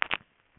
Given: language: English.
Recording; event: throat vibration sensor signal played as sound; swallow